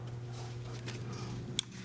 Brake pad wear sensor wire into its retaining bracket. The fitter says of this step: that's your next bracket and then you'll hear a little click